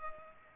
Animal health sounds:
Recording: mosquito wingbeat signal from an infrared sensor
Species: Culex pipiens

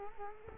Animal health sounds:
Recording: mosquito wingbeat signal from an infrared sensor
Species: Culex quinquefasciatus

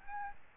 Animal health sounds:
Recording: mosquito wingbeat signal from an infrared sensor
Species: Aedes albopictus

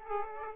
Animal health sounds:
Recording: mosquito wingbeat signal from an infrared sensor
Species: Aedes aegypti

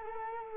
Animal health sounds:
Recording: mosquito wingbeat signal from an infrared sensor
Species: Culex quinquefasciatus

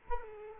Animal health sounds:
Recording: mosquito wingbeat signal from an infrared sensor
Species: Culex quinquefasciatus

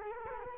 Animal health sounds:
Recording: mosquito wingbeat signal from an infrared sensor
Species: Culex quinquefasciatus

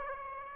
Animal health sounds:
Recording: mosquito wingbeat signal from an infrared sensor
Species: Aedes aegypti

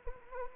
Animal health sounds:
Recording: mosquito wingbeat signal from an infrared sensor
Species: Anopheles arabiensis

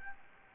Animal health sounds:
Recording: mosquito wingbeat signal from an infrared sensor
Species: Anopheles gambiae

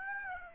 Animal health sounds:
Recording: mosquito wingbeat signal from an infrared sensor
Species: Aedes aegypti

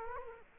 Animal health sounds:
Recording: mosquito wingbeat signal from an infrared sensor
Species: Culex quinquefasciatus

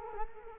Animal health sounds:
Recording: mosquito wingbeat signal from an infrared sensor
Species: Culex quinquefasciatus

